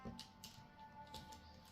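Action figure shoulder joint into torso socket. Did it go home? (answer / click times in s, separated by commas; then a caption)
no / none. Someone pushes the shoulder joint of a Mafex No. 178 Iron Man Mark 50 (Avengers: Infinity War) action figure back toward its torso socket, producing soft taps and scrapes around 0.2, 0.4 and 1.1 seconds over a faint steady tonal background. The joint does not go in, and nothing has seated or clicked yet; it only seats on a later try.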